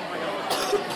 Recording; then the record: coughing mixed with background sound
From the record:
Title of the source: 30 Chesty and wet cough